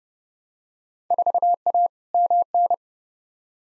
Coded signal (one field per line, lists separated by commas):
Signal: Morse code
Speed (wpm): 30 wpm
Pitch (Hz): 700 Hz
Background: none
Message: 4A MN